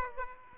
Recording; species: mosquito wingbeat signal from an infrared sensor; Aedes aegypti